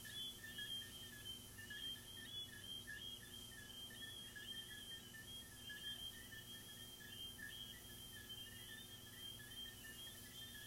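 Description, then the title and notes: Cricket chorus: a sustained high trill layered with lower rhythmic chirps, pulsing about once per second, soft steady hiss beneath. Crickets recorded in the recordist's garden, presented as relaxing ASMR. "These are relaxing asmr crickets from my garden"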